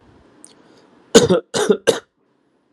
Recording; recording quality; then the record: shallow voluntary cough; excellent, no background noise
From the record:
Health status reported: COVID-19 positive, mild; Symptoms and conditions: cough, cold, sore throat, fever, fatigue, loss of smell and taste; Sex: male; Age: 27 years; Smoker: not ticked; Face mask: not worn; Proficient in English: yes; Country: India